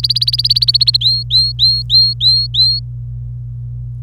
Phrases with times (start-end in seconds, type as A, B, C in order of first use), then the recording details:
0.03-0.97 A, 1.01-2.79 B. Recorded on 26 April 2018 at 07:26. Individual llb3